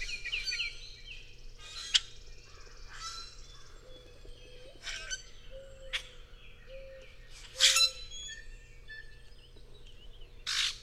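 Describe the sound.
Bird song, scattered high chirps and whistles, with several sharp loud clicks spaced a few seconds apart and a low hum and a wavering mid-pitched tone underneath.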